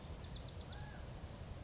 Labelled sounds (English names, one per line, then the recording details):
Bewick's Wren
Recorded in Sonoma County, California